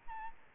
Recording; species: mosquito wingbeat signal from an infrared sensor; Aedes albopictus